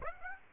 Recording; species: mosquito wingbeat signal from an infrared sensor; Aedes aegypti